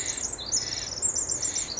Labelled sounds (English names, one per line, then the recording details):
Pacific Wren
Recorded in Sonoma County, California